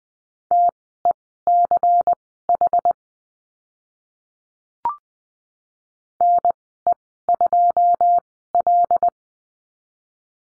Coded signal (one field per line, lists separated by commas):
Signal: Morse code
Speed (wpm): 20 wpm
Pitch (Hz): 700 Hz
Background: none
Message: TECH NE2L